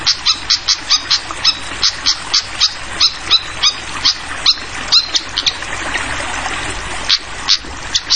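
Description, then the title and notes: Flycatcher calling with many rapid high chips over constant gurgling water. Masteran (tutoring) of clear-voiced flycatcher song mixed with trickling water, for training songbirds. "Masteran Sikatan Kipas Suara Jernih Dan Suara Gemericik Air. Suara Burung Sikatan Londo"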